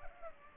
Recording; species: mosquito wingbeat signal from an infrared sensor; Culex pipiens